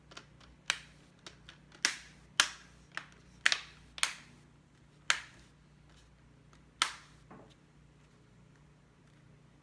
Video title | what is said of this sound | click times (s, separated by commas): How to replace the LCD screen on ASUS R510L | it's engaged all the way around the screen | 0.7 s, 2.4 s, 3.5 s, 4.0 s, 5.1 s